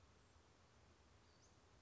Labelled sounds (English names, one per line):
Western Flycatcher